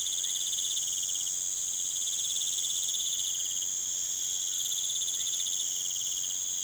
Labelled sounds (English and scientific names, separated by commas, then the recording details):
none
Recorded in pastures near Puerto Asís, Putumayo, Colombia, on 30 June 2025 at 20:30
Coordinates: 0.486, -76.323
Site H29